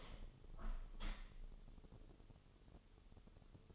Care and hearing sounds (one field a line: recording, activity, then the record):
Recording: daily activity, microphone in the room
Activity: open window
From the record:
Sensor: 4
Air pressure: 1015.8 hPa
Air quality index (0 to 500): 81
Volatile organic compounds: 1 ppm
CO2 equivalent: 896 ppm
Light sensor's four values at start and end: 9/20/8/7 and 9/20/8/7